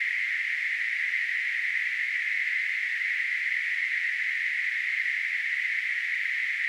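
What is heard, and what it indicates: Simulated tinnitus: a steady, unbroken hiss of narrow-band noise centered around 2 kHz, with nothing in the low frequencies.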